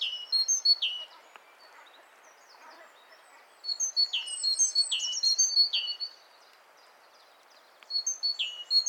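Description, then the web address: Great tit calls: sharp high notes and falling chirps in short busy bursts at the start, middle and end, with near silence between them. "SETE Parus major"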